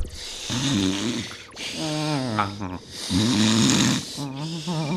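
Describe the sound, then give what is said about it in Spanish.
Two people breathe deeply together, loud drawn-out voiced inhales and exhales with a rough, snore-like rasp, repeating in about four slow, steady cycles. “Bueno, empieza respirando muy profundamente. Así, los dos a un mismo ritmo.”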